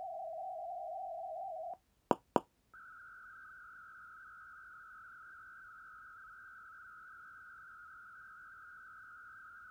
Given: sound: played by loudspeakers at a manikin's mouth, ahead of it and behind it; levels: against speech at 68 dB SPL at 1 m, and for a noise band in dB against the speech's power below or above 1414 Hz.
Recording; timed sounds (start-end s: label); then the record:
test signals for a remote microphone
0.00-1.74 s: noise band at 707 Hz, as loud as that band is in speech
2.11 s: click
2.36 s: click
2.74-9.71 s: noise band at 1414 Hz, as loud as that band is in speech
From the record:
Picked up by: measurement microphone